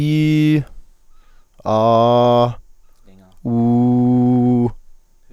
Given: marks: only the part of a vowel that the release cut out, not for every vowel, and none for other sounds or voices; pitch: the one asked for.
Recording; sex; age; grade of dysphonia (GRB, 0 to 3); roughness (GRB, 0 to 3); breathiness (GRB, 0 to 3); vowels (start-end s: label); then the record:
sustained vowels; male; 30 to 39 years; 0; 0; 0
0.00-0.52 s: vowel /i/, normal pitch
1.80-2.39 s: vowel /a/, normal pitch
3.61-4.55 s: vowel /u/, normal pitch
From the record:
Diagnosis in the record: healthy voice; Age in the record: 33 years